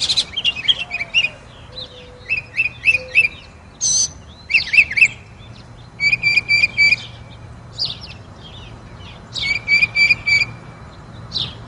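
Mockingbird song with varied phrases: sharp chirps, a clear whistled note, rapid stuttering trills and repeated rich notes, separated by short pauses.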